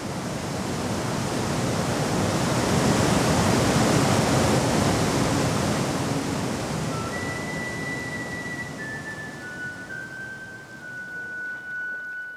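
The Rhine Falls waterfall roars in a loud, steady, hissing rush that swells slightly before easing off, with a few thin, faint whistling tones drifting in toward the end. No one speaks.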